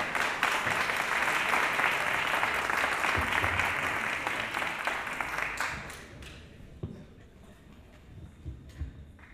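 Dense audience applause welcoming a speaker at the start of a talk, many hands clapping at once, steady and loud for several seconds, then thinning out and fading to scattered claps.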